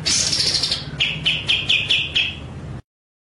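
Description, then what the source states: White-rumped shama song: a buzzy high burst followed by six quick, evenly spaced chattering notes. Masteran training track of murai batu song, described as full ngerol (rolling) and nembak (shooting) style.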